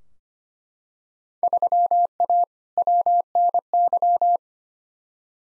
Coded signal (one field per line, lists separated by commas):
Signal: Morse code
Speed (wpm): 25 wpm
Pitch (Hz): 700 Hz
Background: none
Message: 3A WNY